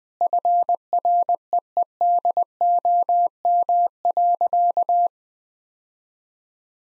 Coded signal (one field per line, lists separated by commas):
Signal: Morse code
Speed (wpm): 19 wpm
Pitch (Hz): 700 Hz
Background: none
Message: FREEDOM.